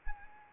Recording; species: mosquito wingbeat signal from an infrared sensor; Anopheles arabiensis